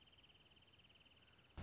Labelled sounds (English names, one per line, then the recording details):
Wrentit
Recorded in Sonoma County, California